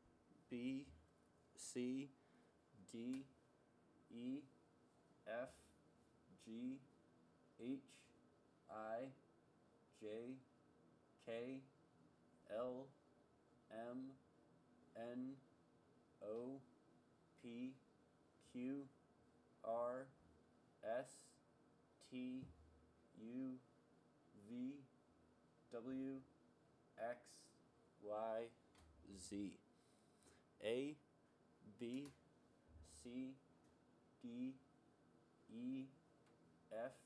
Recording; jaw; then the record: letters of the alphabet, spoken; free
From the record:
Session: seven days later